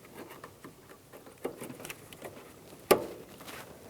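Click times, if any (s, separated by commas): 2.9 s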